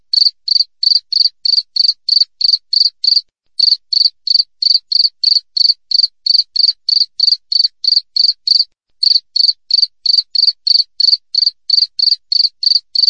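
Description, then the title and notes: Cricket giving a continuous series of identical high chirps at a quick steady pace, with a couple of brief pauses; no other sounds present. Clear natural cricket chirping with tight spacing, used as a tutor recording for training songbirds and for repelling rats. "Masteran Jangkrik Alam Jernih, Jeda Rapat Cocok Untuk Masteran Burung Dan Mengusir Tikus. suara jangkrik"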